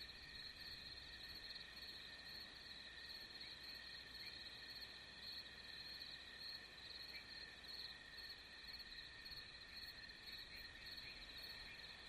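Crickets chirring in a steady, unbroken high trill, with several tones layered together and no pauses.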